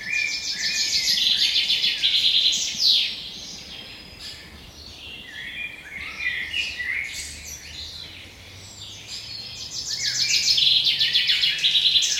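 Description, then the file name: Bird song: lively, fast twittering and chirping trills in several phrases, strong at the start, quieter through the middle, then swelling again near the end. "Fugle"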